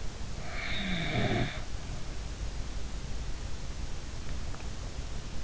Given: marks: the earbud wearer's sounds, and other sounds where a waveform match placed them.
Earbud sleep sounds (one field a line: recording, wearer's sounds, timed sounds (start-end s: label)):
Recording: sounds in sleep by an in-ear microphone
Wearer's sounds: snoring breath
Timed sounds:
0.38-1.65 s: snoring breath